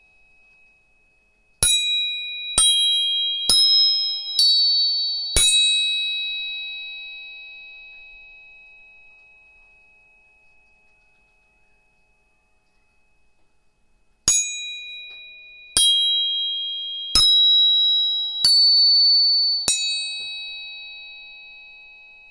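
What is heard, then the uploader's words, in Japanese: Tuning forks are struck five times in quick succession, twice over, each bright pure tone ringing on and fading slowly into silence between groups. 音叉チューニング全体性。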